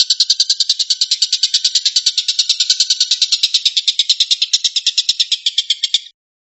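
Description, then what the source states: Stork-billed kingfisher giving a fast, dry rattling trill of rapid even pulses, steady for about six seconds before stopping abruptly. Call style known as "tembakan" (shooting call).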